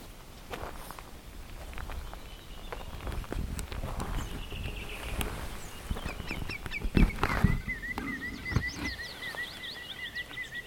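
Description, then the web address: Common greenshank giving a rapid run of repeated, even, fluty notes in the second half, amid clicks, rustling and low background noise. "linnut valkoviklo"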